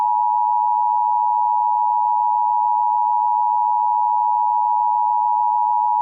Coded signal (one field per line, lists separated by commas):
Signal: Emergency Alert System (SAME) tones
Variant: 853 and 960 Hz attention tone